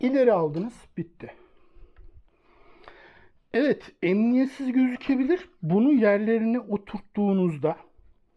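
A plastic rod holder is pushed into its deck mount on a Decathlon FLTB9 kayak while someone talks. Two quick small knocks are heard at about 2.0 and 2.9 seconds. The holder has not seated or clicked into place yet.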